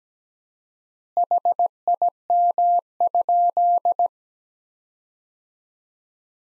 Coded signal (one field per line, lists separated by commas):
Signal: Morse code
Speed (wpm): 17 wpm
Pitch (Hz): 700 Hz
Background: none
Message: HIM?